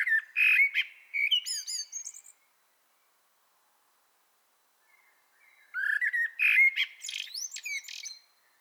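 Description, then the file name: Common blackbird singing rich whistled phrases that break into sharp, high squeaky notes, with a quiet gap between two phrases. "Turdus merula"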